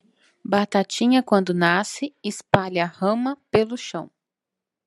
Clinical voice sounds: short text; Brazilian Portuguese; female; 30 to 39 years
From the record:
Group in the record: control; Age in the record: 39 years

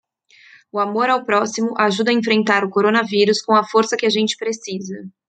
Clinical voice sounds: spoken sentence; Brazilian Portuguese; female; 30 to 39 years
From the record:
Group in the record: control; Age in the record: 33 years

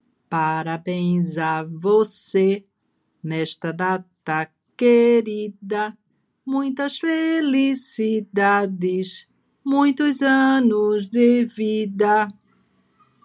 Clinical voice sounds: short text; Brazilian Portuguese; female; 60 to 69 years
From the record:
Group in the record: control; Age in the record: 63 years

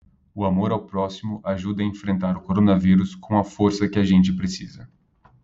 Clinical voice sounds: spoken sentence; Brazilian Portuguese; male; 30 to 39 years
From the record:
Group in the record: control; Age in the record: 31 years

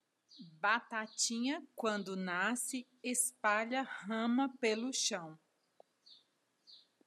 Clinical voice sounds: short text; Brazilian Portuguese; female; 30 to 39 years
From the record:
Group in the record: control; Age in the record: 37 years

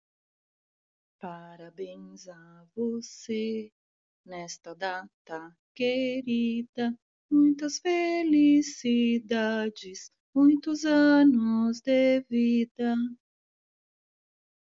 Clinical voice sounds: short text; Brazilian Portuguese; female; 50 to 59 years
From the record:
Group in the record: control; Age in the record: 56 years

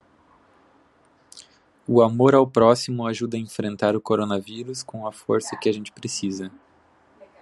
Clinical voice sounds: spoken sentence; Brazilian Portuguese; male; 30 to 39 years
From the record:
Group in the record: control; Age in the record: 31 years

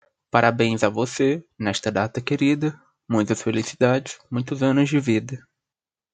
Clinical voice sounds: short text; Brazilian Portuguese; male; 20 to 29 years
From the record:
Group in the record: control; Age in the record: 21 years

